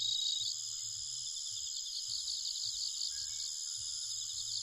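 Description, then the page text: Bell cricket ringing in a high pulsed trill amid dense insect chorus, with faint low thumps and background noise throughout. Recorded at night in Nikko, Japan, on 1 October 2011 at 21:48. "Homoeogryllus japonicus [Sounds -Nikko Today-]"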